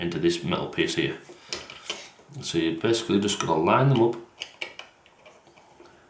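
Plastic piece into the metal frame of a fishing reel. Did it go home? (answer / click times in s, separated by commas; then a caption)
yes / 4.6 s. Someone talks while lining up a small plastic piece in its groove during a rebuild of a Penn Senator 113H 4/0 Special fishing reel. The piece is pushed into the reel's metal frame piece, and a sharp little click at 4.6 s marks it seating in place, among a few other faint taps.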